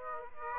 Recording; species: mosquito wingbeat signal from an infrared sensor; Aedes aegypti